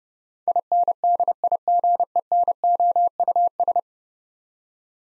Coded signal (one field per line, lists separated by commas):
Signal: Morse code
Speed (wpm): 28 wpm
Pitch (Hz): 700 Hz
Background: none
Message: INDIGENOUS